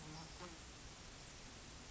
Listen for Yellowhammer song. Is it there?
no